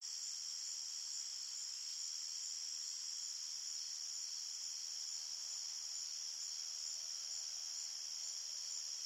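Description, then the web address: Crickets calling in a steady, unbroken high-pitched trill that holds constant throughout, with no other clear sounds. Crickets at night in an open field. "Big Room Sound Crickets"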